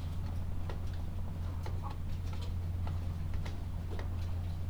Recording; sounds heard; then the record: poultry house recording; sick chickens (respiratory disease)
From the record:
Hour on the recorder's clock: 16